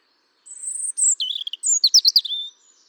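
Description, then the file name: European robin singing a thin sustained high note that drops into rippling, twittering notes and ends on a lower drawn-out note. "Erithacus rubecula"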